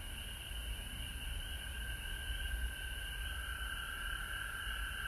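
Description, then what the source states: Frogs calling as a continuous chorus of overlapping trills, partly masked by a heavy low-frequency rumble. Recorded at home in Georgia on March 19, 2020.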